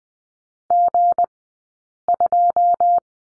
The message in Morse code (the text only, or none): G2